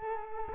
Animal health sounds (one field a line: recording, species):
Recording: mosquito wingbeat signal from an infrared sensor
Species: Culex quinquefasciatus